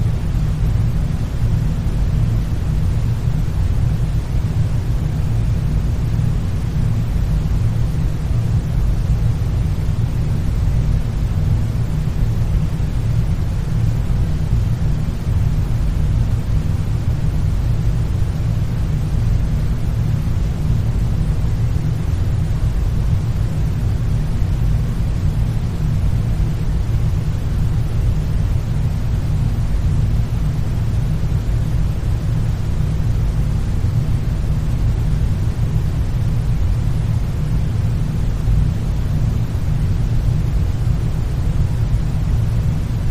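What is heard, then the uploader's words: Soft brown noise holds steady for the whole stretch, a dense, even rumble weighted heavily toward the low end with only a faint hiss above. A slight low hum sits inside it, and nothing changes or breaks the flat, unvarying wash. Soft brown noise sounds.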